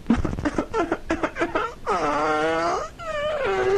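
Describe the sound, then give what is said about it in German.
A person fakes crying: a run of short, choppy sobbing gasps, then a long, loud wavering wail that sinks in pitch, followed by another drawn-out moaning cry. “Ja, bitte weinen Sie einmal.”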